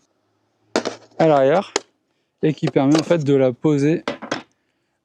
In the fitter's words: vous avez ne pas oublier ce petit support qui vient se clipser ici à